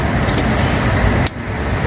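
At a gas station, an LPG pump nozzle is pushed onto a camper's filler inlet until it clips, then the handle is squeezed to lock it, over steady vehicle and traffic noise. A single sharp click sounds at 1.3 s, and the background drops noticeably right after. The nozzle is seated and locked onto the inlet.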